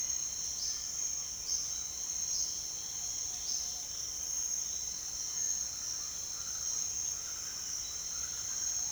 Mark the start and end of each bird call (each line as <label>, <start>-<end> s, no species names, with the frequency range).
bird call (3.1-6.9 kHz), 0.00-3.67 s